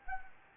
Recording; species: mosquito wingbeat signal from an infrared sensor; Anopheles gambiae